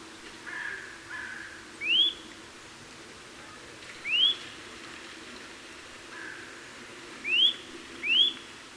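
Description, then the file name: Eurasian nuthatch giving clear upslurred whistled calls, four in all, spaced unevenly with a quick pair at the end, over soft background hiss and faint lower notes. "Sitta europaea"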